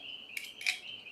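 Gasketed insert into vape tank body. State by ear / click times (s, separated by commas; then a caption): not seated / none. A gasketed insert is being handled and fitted back into a vape tank body after first going in the wrong way around. Over a faint steady high-pitched tone, brief sharp ticks and scrapes come at about 0.4, 0.6 and 0.7 s. Nothing has seated or clicked into place yet.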